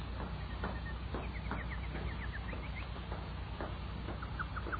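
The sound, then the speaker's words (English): A nightingale sings at night under a full moon, a run of quick, high chirping and sweeping notes in repeated bursts, over a steady low background hum with no voices. “Listen to the nightingale.”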